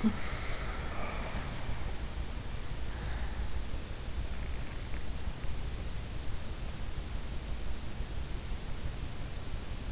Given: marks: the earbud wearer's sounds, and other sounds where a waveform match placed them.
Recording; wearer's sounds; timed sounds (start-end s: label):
sounds in sleep by an in-ear microphone; breath
0.00-3.80 s: breath